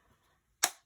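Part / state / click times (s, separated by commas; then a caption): plastic fastening clip on a small drill storage box / seated / 0.6 s. A small plastic fastening clip on a drill storage box is snapped shut. After near silence, one short, sharp tick lands at 0.6 seconds and fades quickly. The clip is seated.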